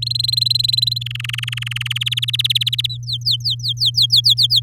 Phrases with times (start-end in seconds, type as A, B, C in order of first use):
0.02-0.98 A, 1.01-1.98 B, 2.01-2.87 C, 2.89-4.60 D